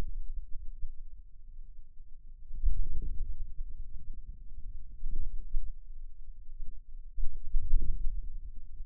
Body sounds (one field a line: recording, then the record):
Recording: forearm muscle sounds (acoustic myography)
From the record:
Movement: ulnar deviation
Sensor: system 2, bracelet of six BSWA MPA416 microphones around the upper forearm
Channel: 5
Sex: male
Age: 22 years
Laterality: right